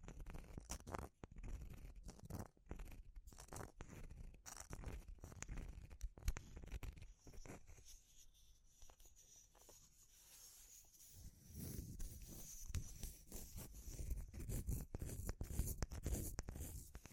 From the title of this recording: Natural Triggers Wood, Bamboo and Straw